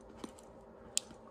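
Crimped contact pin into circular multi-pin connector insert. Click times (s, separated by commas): 1.0 s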